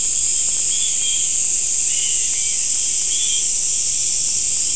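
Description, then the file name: Steady shrill insect buzzing continues without a break, joined by a few brief faint chirps. "mainly insect"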